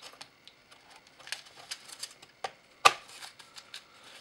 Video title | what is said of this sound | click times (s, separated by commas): Lenovo ThinkPad P50: RAM Upgrade | make sure that the latches on the two sides snap into place on the corresponding slots on the memory | 2.9 s